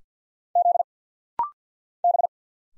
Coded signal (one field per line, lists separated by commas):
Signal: Morse code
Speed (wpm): 50 wpm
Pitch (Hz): 700 Hz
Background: none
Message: Z B